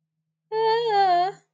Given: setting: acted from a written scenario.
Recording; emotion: vocal sound without words; distress